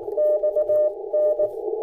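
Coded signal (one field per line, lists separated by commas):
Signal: Morse code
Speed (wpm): 18 wpm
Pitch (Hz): 600 Hz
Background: none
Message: XN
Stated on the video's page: CW sent with an IC-705 and MC-750 vertical during a cabin park activation; key clicks picked up by camera mic.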